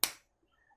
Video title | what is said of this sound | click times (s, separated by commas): Digital Kitchen Thermometer Unboxing & Testing | you rotate this cap anticlockwise in the opposite direction once you hear a click | 0.0 s